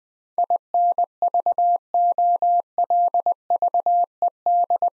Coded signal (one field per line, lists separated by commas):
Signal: Morse code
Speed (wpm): 20 wpm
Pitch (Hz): 700 Hz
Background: none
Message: INVOLVED